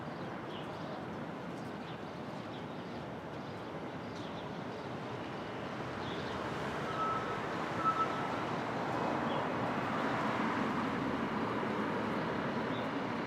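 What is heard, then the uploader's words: Street traffic at dawn in Brooklyn forms a steady, dense rumble with little variation, swelling slightly louder after the midpoint. A brief thin tone rings out around seven to eight seconds, and faint chirps flick through the background now and then. Brooklyn Dawn, 4 - 17 - 20, Street Traffic II.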